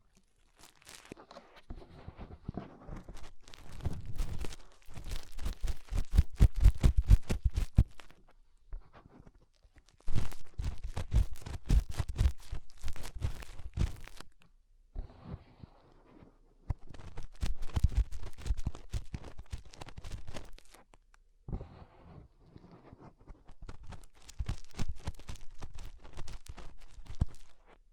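Fingers rub and scrape inside an ear, making dense crackling, crunchy rustles in four long bursts of several seconds each. Short quiet pauses separate the bursts, leaving only a faint low rumble before the scratching resumes.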